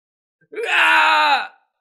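A man, caught by a black whirlwind, lets out a single agonized scream, loud and strained, rising sharply at the start and holding a steady, harsh pitch for about a second before cutting off.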